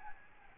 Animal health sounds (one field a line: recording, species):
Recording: mosquito wingbeat signal from an infrared sensor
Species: Aedes albopictus